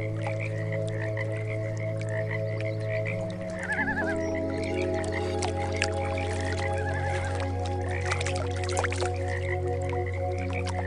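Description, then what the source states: Frogs croak in rapid repeated pulses while slow meditation music changes chords, with a short trilling call. Frogs mixed with meditation music.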